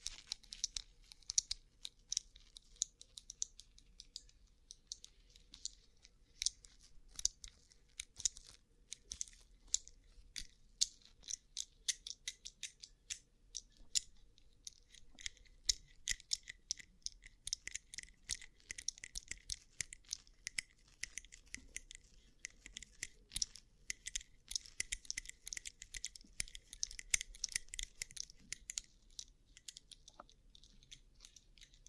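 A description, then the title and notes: Rhinestone-covered surface being tapped in rapid, uneven bursts of small bright clicks, with brief pauses, continuing steadily throughout the thirty seconds. ASMR Rhinestone Covered Tapping 3Dio (No Talking).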